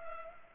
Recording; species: mosquito wingbeat signal from an infrared sensor; Culex pipiens